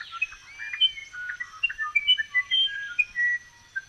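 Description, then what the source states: Several birds twittering together, with quick chirps and brief clear whistles overlapping in a dense, lively chorus. Birds chirping in a forest.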